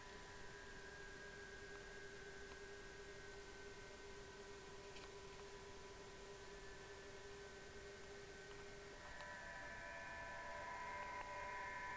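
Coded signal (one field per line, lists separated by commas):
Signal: PSK31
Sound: several faint, steady, slightly warbling tones at different pitches under constant hiss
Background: radio static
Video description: 7037 kHz 2019 Digimode PSK31 DC4OH and UA3PI.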